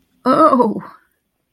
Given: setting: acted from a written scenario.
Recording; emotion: vocal sound without words; disgust